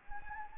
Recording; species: mosquito wingbeat signal from an infrared sensor; Anopheles gambiae